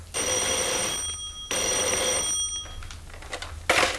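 A telephone bell rings in two long, bright metallic bursts, one right after the other, followed by a moment of quieter rustling with no voices.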